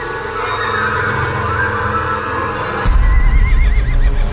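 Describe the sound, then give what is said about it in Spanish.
Horses kick and neigh loudly in a rising frenzy, a shrill quavering whinny rising and trembling in the second half over a heavy, rumbling low thud and clatter. “De modo que el hombre se detuvo, indeciso, mientras la fosforescencia que salía del pozo se hacía más intensa y los caballos coceaban y relinchaban con creciente frenesí.”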